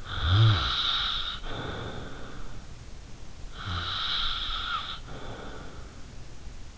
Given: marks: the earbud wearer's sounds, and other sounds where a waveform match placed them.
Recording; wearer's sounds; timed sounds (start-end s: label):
sounds in sleep by an in-ear microphone; snoring breath
0.00-2.73 s: snoring breath
3.56-6.12 s: snoring breath